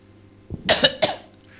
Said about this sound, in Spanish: Y yo pensé que estaba resfriado, mira. Me está tosiendo, pero se puso en una esquina a toser.